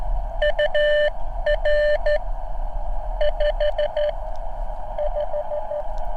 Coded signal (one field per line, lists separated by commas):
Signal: Morse code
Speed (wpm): 13 wpm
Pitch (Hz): 600 Hz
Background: radio noise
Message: UR 55